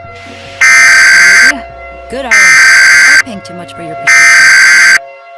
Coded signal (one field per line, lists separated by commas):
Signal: Emergency Alert System (SAME) tones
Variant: header bursts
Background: speech